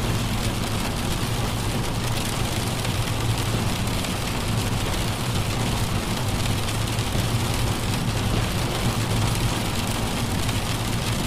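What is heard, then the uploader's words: Rain patters steadily on a car while it drives, a dense, even hiss of drops spread across the highs. Underneath runs a low, constant road and engine rumble. Nothing changes over the eleven seconds; the level stays flat throughout. Driving in the Rain Sounds for Sleep. Snooze comfortably in the back seat of a car on a rainy drive. The rhythmic patter of raindrops.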